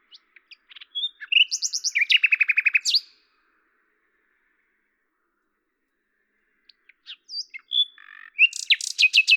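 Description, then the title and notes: Common nightingale song: scattered chirps build into a fast rattling series of repeated notes, a long silent gap, then another varied phrase of squeaks and rapid trills. Recorded at Lavours, France, on 10 May 1998 with a Tascam DAP-1 and Télingua microphone, edited in Samplitude 5.1. "D83, 01350 Lavours, France - rossignol à LAVOURS. 10/05/1998 Tascam DAP-1 Micro Télingua, Samplitude 5.1"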